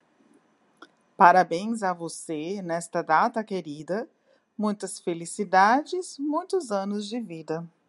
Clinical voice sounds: short text; Brazilian Portuguese; female; 50 to 59 years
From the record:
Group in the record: control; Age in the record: 58 years

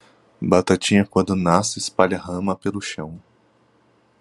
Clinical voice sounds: short text; Brazilian Portuguese; male; 20 to 29 years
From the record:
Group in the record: control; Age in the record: 21 years

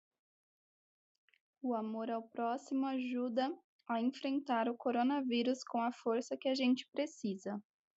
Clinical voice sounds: spoken sentence; Brazilian Portuguese; female; 20 to 29 years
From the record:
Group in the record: control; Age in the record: 27 years

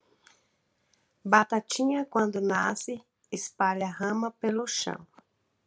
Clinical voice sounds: short text; Brazilian Portuguese; female; 20 to 29 years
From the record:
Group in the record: control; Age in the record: 22 years

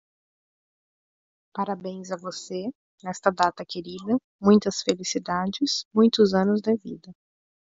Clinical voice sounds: short text; Brazilian Portuguese; female; 30 to 39 years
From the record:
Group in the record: control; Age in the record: 33 years

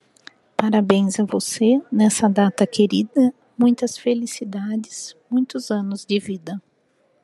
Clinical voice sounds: short text; Brazilian Portuguese; female; 50 to 59 years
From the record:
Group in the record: control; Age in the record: 51 years

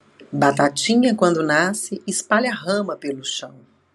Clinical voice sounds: short text; Brazilian Portuguese; female; 40 to 49 years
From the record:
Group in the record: control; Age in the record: 48 years

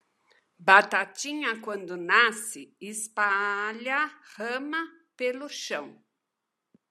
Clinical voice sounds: short text; Brazilian Portuguese; female; 60 to 69 years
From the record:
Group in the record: control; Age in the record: 62 years

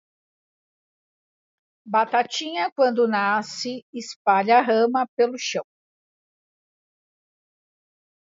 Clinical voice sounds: short text; Brazilian Portuguese; female; 40 to 49 years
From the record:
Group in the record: control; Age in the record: 49 years

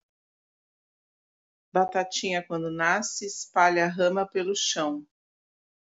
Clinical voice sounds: short text; Brazilian Portuguese; female; 40 to 49 years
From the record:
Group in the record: control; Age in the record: 48 years

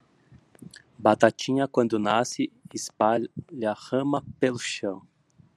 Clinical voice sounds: short text; Brazilian Portuguese; male; 40 to 49 years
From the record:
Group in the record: control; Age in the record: 43 years

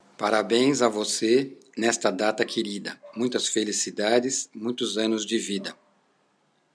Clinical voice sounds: short text; Brazilian Portuguese; male; 50 to 59 years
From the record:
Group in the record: control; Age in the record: 56 years

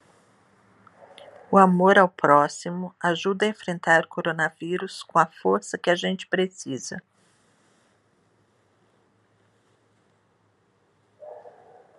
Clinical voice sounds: spoken sentence; Brazilian Portuguese; female; 50 to 59 years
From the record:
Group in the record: control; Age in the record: 54 years

